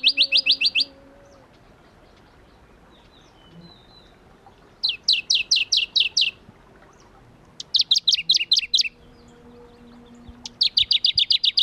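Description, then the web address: Shrub frog repeating short series of rapid, high clicking pulses every three seconds or so, with faint whistles and low hum in the background. Recorded at Kuda on 28 June 2012. "June 28 2012 Phfuscatus Kuda"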